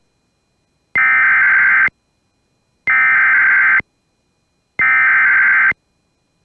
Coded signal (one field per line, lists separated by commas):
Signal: Emergency Alert System (SAME) tones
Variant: header bursts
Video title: Non-AMBER Alert November...FAILED. || EAS Alerts from November 2024 (EAS #3,097-3,107)